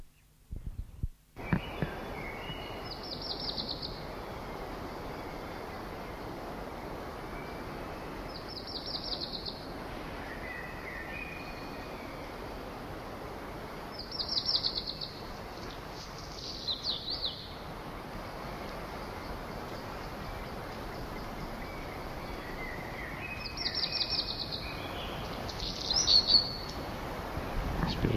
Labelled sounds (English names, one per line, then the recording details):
Black Redstart song
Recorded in captivity
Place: Tiergarten Schönbrunn, AT
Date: 1989-06-09 20:55
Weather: sunny, 18°C
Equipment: Sony WM-D6C, Kopie Tesla B 116
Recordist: Tembrock, Günter